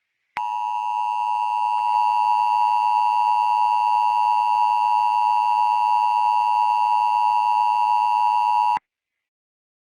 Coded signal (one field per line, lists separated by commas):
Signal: Emergency Alert System (SAME) tones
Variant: 853 and 960 Hz attention tone